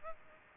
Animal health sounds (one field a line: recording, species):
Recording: mosquito wingbeat signal from an infrared sensor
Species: Culex pipiens